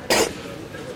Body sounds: coughing mixed with background sound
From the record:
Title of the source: 61 morning phlegmy cough...again

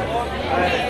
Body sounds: background sound without coughing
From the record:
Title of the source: CITY SOUNDS Busy Bar in the Evening Night - 2 HOURS of Ambiance for Relaxation

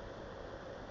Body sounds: background sound without coughing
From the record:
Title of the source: wind

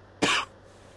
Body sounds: coughing mixed with background sound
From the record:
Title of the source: 64 coughing, allergies, singing lungs

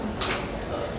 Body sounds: background sound without coughing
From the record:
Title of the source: 40 min - Ambience sounds UNIVERSITY lunchroom chatting

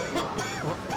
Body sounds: coughing mixed with background sound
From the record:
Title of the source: Dry Coughing Fit in the Afternoon.

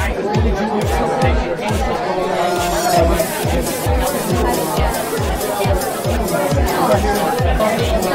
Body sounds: background sound without coughing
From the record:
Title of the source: Nightlife Party Simulating Party Club Noise 1 Hour

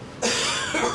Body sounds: coughing mixed with background sound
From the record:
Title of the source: Spring Cold Coughing 2

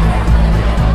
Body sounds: background sound without coughing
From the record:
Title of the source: Party Noise 1 Hour Party Ambience

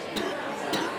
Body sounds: coughing mixed with background sound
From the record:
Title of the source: 60 coughing still (deep and wet cough)

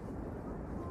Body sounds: background sound without coughing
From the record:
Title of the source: Train Ride Ambience ambient white noise for sleeping, focus, studying, reading

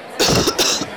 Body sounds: coughing mixed with background sound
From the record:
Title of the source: November cold (wet coughing)

